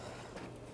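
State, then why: Not seated. A parking assist sensor for a 2014-2018 GMC Sierra 1500 is handled and lined up in its plastic bezel, heard as a steady low-level rumble and faint handling noise. The sensor has not locked into the bezel yet, and nothing has seated or clicked.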